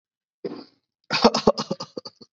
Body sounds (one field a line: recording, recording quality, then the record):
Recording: heavy voluntary cough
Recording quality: excellent, no background noise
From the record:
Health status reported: COVID-19 positive, mild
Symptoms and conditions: cold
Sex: male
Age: 25 years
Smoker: not ticked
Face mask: not worn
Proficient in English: yes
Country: India